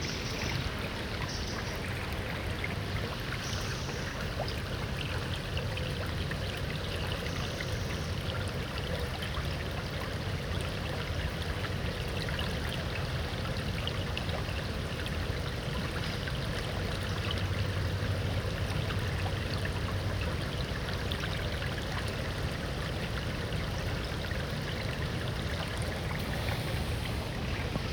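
A nearby brook rushes in a steady, dense wash, with a faint low hum underneath and no distinct events across the whole stretch.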